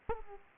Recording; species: mosquito wingbeat signal from an infrared sensor; Aedes aegypti